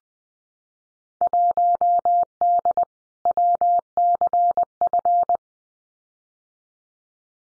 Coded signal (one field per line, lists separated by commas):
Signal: Morse code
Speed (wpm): 20 wpm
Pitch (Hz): 700 Hz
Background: none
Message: 1D WCF